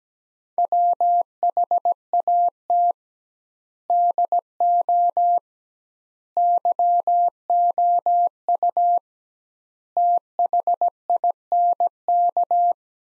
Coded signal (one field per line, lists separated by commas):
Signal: Morse code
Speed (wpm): 17 wpm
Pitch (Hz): 700 Hz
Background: none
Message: WHAT DO YOU THINK